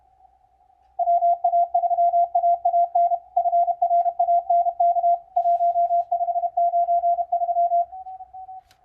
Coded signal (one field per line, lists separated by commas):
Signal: Morse code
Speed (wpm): 30 wpm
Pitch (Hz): 690 Hz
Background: none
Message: WA3AAN FRANK 1593